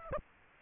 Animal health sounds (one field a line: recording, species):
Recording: mosquito wingbeat signal from an infrared sensor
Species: Aedes aegypti